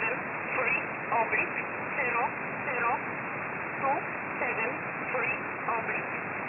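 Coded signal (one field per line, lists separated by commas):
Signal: numbers station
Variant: E11 Oblique, English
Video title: 17 02 2022 Number station E11 Oblique in English to Eu 0930 on 7469 unknown tx site in USB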